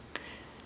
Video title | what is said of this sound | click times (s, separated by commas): Smith & Wesson Model 100-1 Handcuff Review | this key, I mean on this cuff, and then hear the click, and | 0.2 s